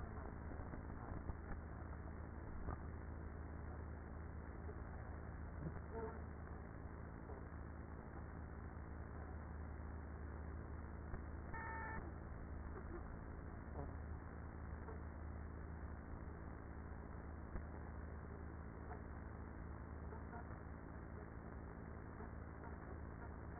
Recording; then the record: honeybee colony, microphone inside the hive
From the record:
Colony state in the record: queenless with a low population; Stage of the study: after two queens were removed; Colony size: about 30,000 bees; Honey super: no